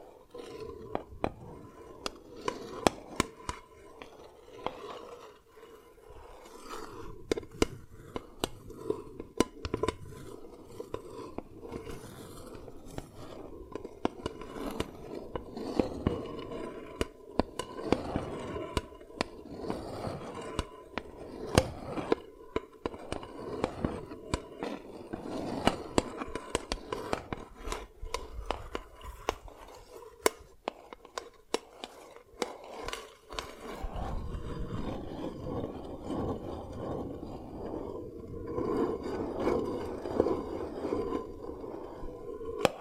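Dalgona candy being tapped and cracked, with sharp clicks and brittle snaps landing in quick, uneven bursts throughout. Soft scraping and rubbing fill the gaps between taps. After about 34 seconds a steadier, thicker scratching sound joins and continues to the end.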